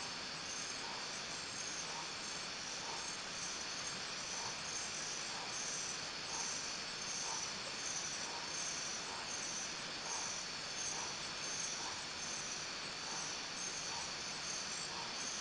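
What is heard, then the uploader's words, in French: A nighttime Amazon rainforest in French Guiana: a dense, unbroken chorus of insects hums and shimmers high up, pulsing steadily. Beneath it, a mid-pitched call repeats at an even pace, roughly every second, throughout. The level stays constant, with no breaks. Ambiance nocturne de la forêt amazonienne, en Guyane. Parti en juin 2021 explorer la forêt amazonienne, la géographe François-Michel Le Tourneau, spécialiste de la Guyane, nous a envoyé un extrait de l'ambiance nocturne de son périple.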